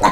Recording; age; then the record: pig call; piglet (1 to 25 days)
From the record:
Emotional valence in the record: positive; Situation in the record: reunion after long isolation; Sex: male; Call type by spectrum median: low-frequency call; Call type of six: low-frequency tonal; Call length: 0.12 s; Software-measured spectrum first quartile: 628 Hz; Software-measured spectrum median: 943 Hz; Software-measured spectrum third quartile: 1332 Hz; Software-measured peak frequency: 940 Hz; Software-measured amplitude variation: 124 dB a second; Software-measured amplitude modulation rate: 4.1 a second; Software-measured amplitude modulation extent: 30.0 dB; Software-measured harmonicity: 1.6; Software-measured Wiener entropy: -1.20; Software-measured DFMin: 569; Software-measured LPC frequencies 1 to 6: 947, 1959, 3660, 4192, 6494, 7340 Hz